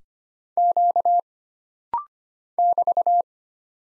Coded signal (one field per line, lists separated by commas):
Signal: Morse code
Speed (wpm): 25 wpm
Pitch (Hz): 700 Hz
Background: none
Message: Q <BT>